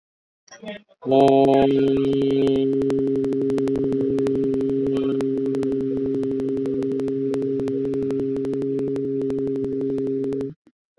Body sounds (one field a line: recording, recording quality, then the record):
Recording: sustained vowel as in boot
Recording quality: excellent, no background noise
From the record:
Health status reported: COVID-19 positive, mild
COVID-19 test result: positive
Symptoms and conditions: breathing difficulty, fever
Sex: male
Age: 38 years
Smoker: not ticked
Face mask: worn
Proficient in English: yes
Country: India